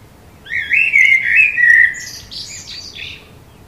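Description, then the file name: Common blackbird song: a rich, mellow whistled phrase that slides and falls, followed by a thin, scratchy twittered ending. "Turdus merula"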